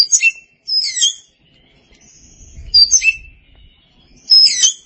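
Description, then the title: Oriental magpie-robin song in four short bursts of high, chattering, sweeping notes separated by brief pauses, with a faint low rumble in the middle. Chirping song. "Suara Kicauan Burung Kacer"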